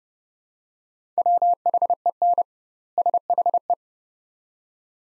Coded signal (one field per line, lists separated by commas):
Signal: Morse code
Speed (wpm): 31 wpm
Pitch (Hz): 700 Hz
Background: none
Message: WHEN SHE